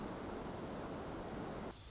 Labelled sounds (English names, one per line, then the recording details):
Pacific Wren
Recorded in Sonoma County, California